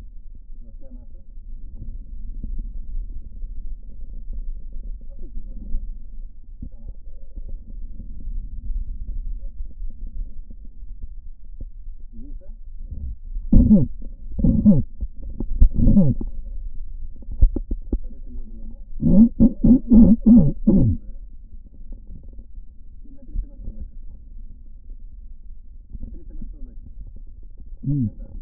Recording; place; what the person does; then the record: lung sounds by stethoscope; right posterior apical chest; quiet breathing, then cough and speech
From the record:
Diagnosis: COPD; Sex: male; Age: 70 years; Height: 170 cm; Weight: 74 kg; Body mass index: 25.6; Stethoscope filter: diaphragm mode